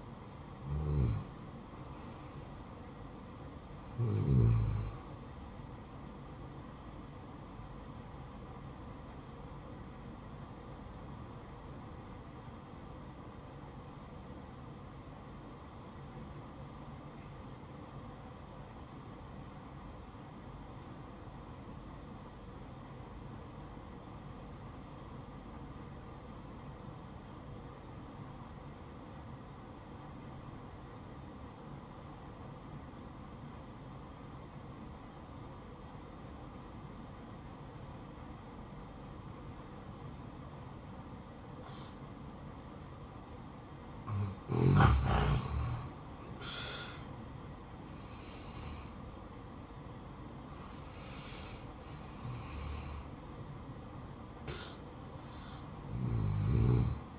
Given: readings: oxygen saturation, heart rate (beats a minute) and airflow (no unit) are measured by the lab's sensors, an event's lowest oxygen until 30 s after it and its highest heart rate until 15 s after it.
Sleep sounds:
breathing in sleep by a smartphone at the bedside; 1
11.00-45.80 s: obstructive apnea (N1, oxygen 96% highest, then 84% lowest, heart rate 61 at the start, 77 highest)
From the record:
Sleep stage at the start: N1 (lightest sleep); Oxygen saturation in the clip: 86 to 96%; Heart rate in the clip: 60 to 77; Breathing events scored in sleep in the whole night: 573 in 9.8 hours asleep

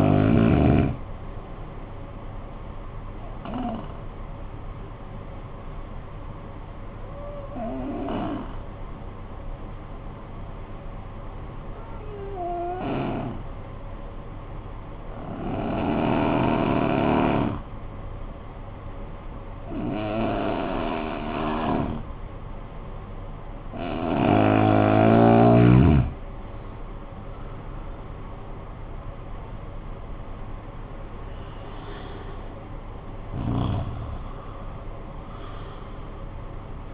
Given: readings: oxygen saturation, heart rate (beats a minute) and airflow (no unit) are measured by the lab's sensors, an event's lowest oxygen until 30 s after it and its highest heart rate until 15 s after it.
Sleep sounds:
breathing in sleep by a smartphone at the bedside; 1
6.00-23.80 s: hypopnea (N2, oxygen 93% highest, then 81% lowest, heart rate 48 at the start, 73 highest)
From the record:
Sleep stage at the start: N2 (light sleep); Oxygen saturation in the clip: 83 to 93%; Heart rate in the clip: 48 to 76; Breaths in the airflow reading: 7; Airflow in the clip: -12.7 to 8.5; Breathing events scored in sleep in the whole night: 445 in 7.6 hours asleep

